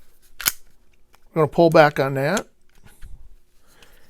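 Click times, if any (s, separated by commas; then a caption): 0.4 s. During reassembly of a Beretta APX Carry pistol after cleaning and lubrication with a Hoppe's No.9 pistol cleaning kit, the metal slide is run down the frame's slide grooves and locks into place with a sharp metallic snap at 0.4 s. Someone then talks, followed by a few faint small clicks.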